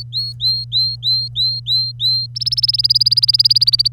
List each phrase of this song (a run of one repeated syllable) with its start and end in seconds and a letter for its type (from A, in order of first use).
0.00-2.27 A, 2.35-3.88 B